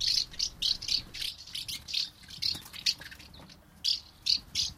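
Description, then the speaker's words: Common house martin song: a run of dry, short chirping notes repeated one after another, with brief gaps between them. Song made by repeating its dry 'prit' call notes in succession; this singing style is called 'rivittelijä'. "Jotkin lajit, kuten keltavästäräkit ja räystäspääskyt, toistelevat laulussaan peräkkäin kutsuääniään."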